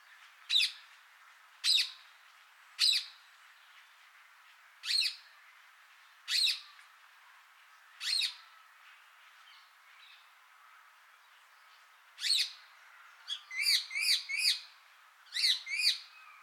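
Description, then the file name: Rose-ringed parakeet giving harsh, shrill screeches, single notes at irregular intervals, then a faster run of several squawks near the end. "Psittacula krameri - Rose-ringed Parakeet"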